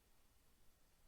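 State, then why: Not seated. A canopy clip is being pressed onto the frame of a Joovy Qool stroller from top to bottom. Only a faint, steady hiss with low rumble is heard, with no distinct snap. Nothing has seated or clicked yet.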